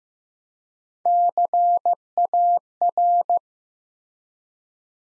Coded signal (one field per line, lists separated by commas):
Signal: Morse code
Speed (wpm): 15 wpm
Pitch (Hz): 700 Hz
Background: none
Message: CAR